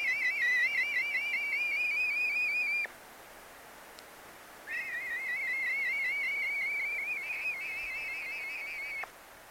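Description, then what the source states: European honey buzzard begging calls: two drawn-out, tremulous whistles with a short silence between. Tracked, ringed juvenile; mournful begging calls of one individual; Scotland.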